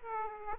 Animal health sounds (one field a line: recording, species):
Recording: mosquito wingbeat signal from an infrared sensor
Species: Aedes aegypti